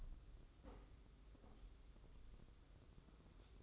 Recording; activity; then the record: daily activity, microphone in the room; take from stove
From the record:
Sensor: 3